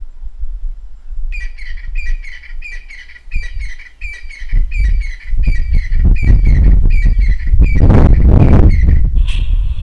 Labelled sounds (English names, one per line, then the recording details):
Crested Francolin
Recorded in northern Uganda